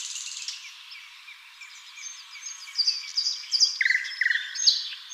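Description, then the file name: Common nightingale singing: soft background chatter at first, then loud slurred whistles and short clipped notes in quick bursts over the second half. "Luscinia megarhynchos"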